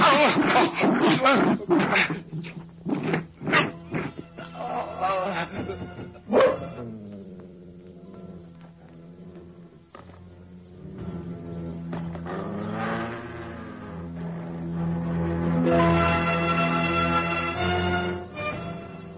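A Karabash shepherd dog, very close by, attacking and biting a man it has pinned to the ground, lets out a rapid burst of loud, harsh barks, then shifts into long, rumbling growls and snarls that swell and rise in intensity toward the end.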